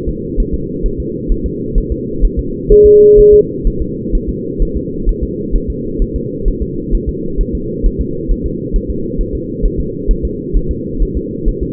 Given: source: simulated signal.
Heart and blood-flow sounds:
fetal heart sounds
0.09 s: S2
0.40 s: S1
0.54 s: S2
0.86 s: S1
1.00 s: S2
1.32 s: S1
1.46 s: S2
1.78 s: S1
1.92 s: S2
2.25 s: S1
2.39 s: S2
2.72 s: S1
2.86 s: S2
3.19 s: S1
3.34 s: S2
3.67 s: S1
3.82 s: S2
4.15 s: S1
4.29 s: S2
4.62 s: S1
4.77 s: S2
5.09 s: S1
5.23 s: S2
5.56 s: S1
5.70 s: S2
6.02 s: S1
6.16 s: S2
6.48 s: S1
6.62 s: S2
6.94 s: S1
7.09 s: S2
7.41 s: S1
7.55 s: S2
7.86 s: S1
8.01 s: S2
8.31 s: S1
8.46 s: S2
8.76 s: S1
8.90 s: S2
9.21 s: S1
9.35 s: S2
9.65 s: S1
9.80 s: S2
10.11 s: S1
10.25 s: S2
10.56 s: S1
10.71 s: S2
11.02 s: S1
11.17 s: S2
11.48 s: S1
11.63 s: S2
From the record:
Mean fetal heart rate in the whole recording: 130 bpm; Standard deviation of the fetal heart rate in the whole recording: 4 bpm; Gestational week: 38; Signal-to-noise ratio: -6.6 dB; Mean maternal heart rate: 72 bpm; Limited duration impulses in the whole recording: present

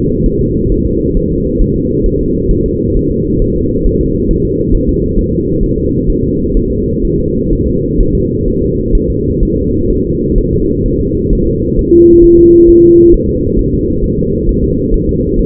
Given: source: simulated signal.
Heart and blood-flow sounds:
fetal heart sounds
0.26 s: S1
0.41 s: S2
0.72 s: S1
0.87 s: S2
1.17 s: S1
1.32 s: S2
1.61 s: S1
1.76 s: S2
2.06 s: S1
2.21 s: S2
2.51 s: S1
2.66 s: S2
2.97 s: S1
3.11 s: S2
3.42 s: S1
3.56 s: S2
3.87 s: S1
4.01 s: S2
4.31 s: S1
4.45 s: S2
4.75 s: S1
4.89 s: S2
5.19 s: S1
5.33 s: S2
5.63 s: S1
5.78 s: S2
6.09 s: S1
6.24 s: S2
6.57 s: S1
6.72 s: S2
7.05 s: S1
7.19 s: S2
7.53 s: S1
7.68 s: S2
8.00 s: S1
8.15 s: S2
8.48 s: S1
8.63 s: S2
8.95 s: S1
9.10 s: S2
9.43 s: S1
9.57 s: S2
9.90 s: S1
10.05 s: S2
10.38 s: S1
10.53 s: S2
10.86 s: S1
11.00 s: S2
11.33 s: S1
11.47 s: S2
11.79 s: S1
11.93 s: S2
12.24 s: S1
12.39 s: S2
12.69 s: S1
12.84 s: S2
13.14 s: S1
13.29 s: S2
13.59 s: S1
13.74 s: S2
14.04 s: S1
14.19 s: S2
14.49 s: S1
14.64 s: S2
14.94 s: S1
15.09 s: S2
15.39 s: S1
From the record:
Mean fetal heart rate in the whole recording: 130 bpm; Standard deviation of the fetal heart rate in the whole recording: 4 bpm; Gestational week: 38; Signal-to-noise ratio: -14.7 dB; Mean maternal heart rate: 72 bpm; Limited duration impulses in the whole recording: present

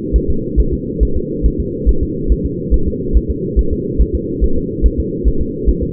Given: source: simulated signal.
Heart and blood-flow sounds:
fetal heart sounds
0.16 s: S1
0.30 s: S2
0.60 s: S1
0.73 s: S2
1.03 s: S1
1.17 s: S2
1.46 s: S1
1.60 s: S2
1.89 s: S1
2.03 s: S2
2.32 s: S1
2.46 s: S2
2.74 s: S1
2.88 s: S2
3.17 s: S1
3.30 s: S2
3.59 s: S1
3.73 s: S2
4.01 s: S1
4.15 s: S2
4.44 s: S1
4.58 s: S2
4.86 s: S1
5.00 s: S2
5.28 s: S1
5.41 s: S2
5.69 s: S1
5.83 s: S2
From the record:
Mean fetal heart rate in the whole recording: 140 bpm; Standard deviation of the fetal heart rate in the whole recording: 2 bpm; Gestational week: 34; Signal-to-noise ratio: -8.1 dB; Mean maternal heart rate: 72 bpm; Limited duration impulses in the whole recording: absent

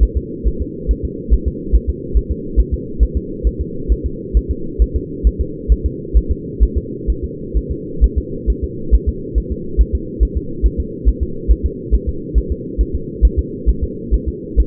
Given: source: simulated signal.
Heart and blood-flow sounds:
fetal heart sounds
0.03 s: S1
0.17 s: S2
0.47 s: S1
0.62 s: S2
0.91 s: S1
1.05 s: S2
1.33 s: S1
1.48 s: S2
1.75 s: S1
1.90 s: S2
2.17 s: S1
2.31 s: S2
2.59 s: S1
2.74 s: S2
3.03 s: S1
3.17 s: S2
3.47 s: S1
3.61 s: S2
3.92 s: S1
4.06 s: S2
4.37 s: S1
4.51 s: S2
4.82 s: S1
4.96 s: S2
5.27 s: S1
5.41 s: S2
5.72 s: S1
5.86 s: S2
6.17 s: S1
6.31 s: S2
6.63 s: S1
6.78 s: S2
7.10 s: S1
7.24 s: S2
7.57 s: S1
7.72 s: S2
8.04 s: S1
8.18 s: S2
8.50 s: S1
8.64 s: S2
8.94 s: S1
9.09 s: S2
9.38 s: S1
9.52 s: S2
9.81 s: S1
9.95 s: S2
10.23 s: S1
10.37 s: S2
10.66 s: S1
10.80 s: S2
11.08 s: S1
11.23 s: S2
11.51 s: S1
11.66 s: S2
11.94 s: S1
12.09 s: S2
12.38 s: S1
12.52 s: S2
12.81 s: S1
12.95 s: S2
13.25 s: S1
13.39 s: S2
13.69 s: S1
13.84 s: S2
14.14 s: S1
14.28 s: S2
14.60 s: S1
From the record:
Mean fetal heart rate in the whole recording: 135 bpm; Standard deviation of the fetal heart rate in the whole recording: 3 bpm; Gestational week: 34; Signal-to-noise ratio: -4.3 dB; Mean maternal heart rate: 72 bpm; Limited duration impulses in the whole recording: absent

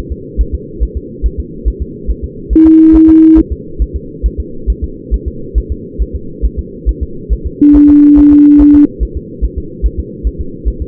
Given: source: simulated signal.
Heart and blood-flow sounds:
fetal heart sounds
0.12 s: S2
0.41 s: S1
0.55 s: S2
0.83 s: S1
0.97 s: S2
1.26 s: S1
1.40 s: S2
1.68 s: S1
1.82 s: S2
2.10 s: S1
2.24 s: S2
2.53 s: S1
2.67 s: S2
2.95 s: S1
3.09 s: S2
3.39 s: S1
3.52 s: S2
3.82 s: S1
3.96 s: S2
4.26 s: S1
4.40 s: S2
4.70 s: S1
4.84 s: S2
5.14 s: S1
5.28 s: S2
5.58 s: S1
5.72 s: S2
6.02 s: S1
6.16 s: S2
6.45 s: S1
6.59 s: S2
6.89 s: S1
7.03 s: S2
7.33 s: S1
7.46 s: S2
7.76 s: S1
7.90 s: S2
8.19 s: S1
8.33 s: S2
8.61 s: S1
8.75 s: S2
9.03 s: S1
9.17 s: S2
9.44 s: S1
9.58 s: S2
9.86 s: S1
10.00 s: S2
10.27 s: S1
10.41 s: S2
10.68 s: S1
10.82 s: S2
From the record:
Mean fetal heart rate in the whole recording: 140 bpm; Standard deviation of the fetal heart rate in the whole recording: 2 bpm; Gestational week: 34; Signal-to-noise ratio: -4.3 dB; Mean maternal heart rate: 72 bpm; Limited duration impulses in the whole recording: present

